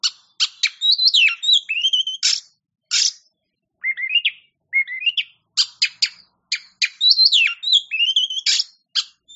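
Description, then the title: Oriental magpie-robin singing a varied run of clear whistles, falling and rising slurs and harsh buzzy notes, broken by brief gaps. Champion songbird. "Kicau Burung Kacer Juara"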